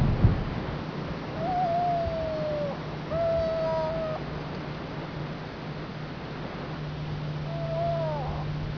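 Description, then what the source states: Zino's petrel calls: three long, drawn-out wailing notes, the first and last sliding slightly downward, separated by pauses, over a steady low hum. Calls recorded on Madeira.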